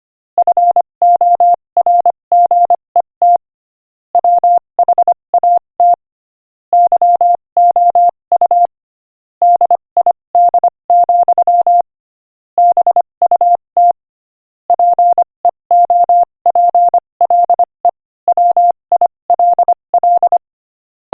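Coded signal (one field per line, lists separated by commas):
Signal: Morse code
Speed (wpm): 26 wpm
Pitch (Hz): 700 Hz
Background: none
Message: FORGET WHAT YOU DID, BUT PEOPLE WILL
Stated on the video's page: Morse code practice at 25 wpm, sending an inspirational quotation.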